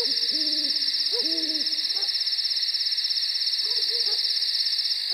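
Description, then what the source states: Owl hooting with drawn-out low notes in quick succession, then softer hoots later, beneath a steady shrill chorus of crickets. Night nature recording with crickets.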